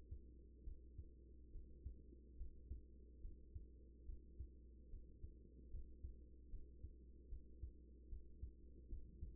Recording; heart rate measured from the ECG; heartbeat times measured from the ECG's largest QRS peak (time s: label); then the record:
heart sounds by stethoscope; 73 bpm
0.63 s: heartbeat
1.51 s: heartbeat
2.36 s: heartbeat
3.21 s: heartbeat
4.05 s: heartbeat
4.89 s: heartbeat
5.70 s: heartbeat
6.49 s: heartbeat
7.28 s: heartbeat
8.08 s: heartbeat
8.88 s: heartbeat
From the record:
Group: healthy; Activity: rest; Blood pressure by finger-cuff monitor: 105/63 mmHg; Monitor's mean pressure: 79 mmHg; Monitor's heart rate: 71 bpm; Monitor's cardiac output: 5.9 L/min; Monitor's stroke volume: 83 mL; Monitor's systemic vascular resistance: 970 dyn s/cm5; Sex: female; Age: 24 years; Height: 163 cm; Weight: 55.7 kg